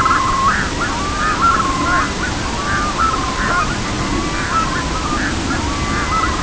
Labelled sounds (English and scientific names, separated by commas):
Red-throated Loon (Gavia stellata)